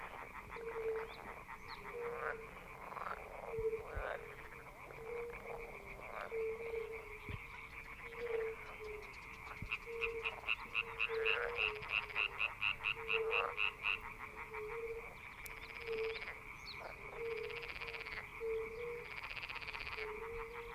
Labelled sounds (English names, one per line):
Fire-Bellied Toad call